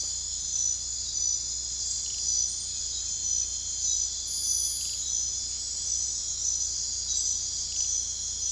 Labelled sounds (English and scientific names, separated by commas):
none